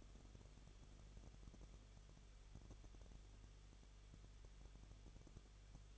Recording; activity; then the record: daily activity, microphone in the room; no activity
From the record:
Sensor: 4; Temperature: 23.0 degrees Celsius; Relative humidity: 34.2%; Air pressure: 1007.3 hPa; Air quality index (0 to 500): 213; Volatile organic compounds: 14 ppm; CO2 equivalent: 2455 ppm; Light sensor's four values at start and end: 2/3/1/1 and 2/3/1/1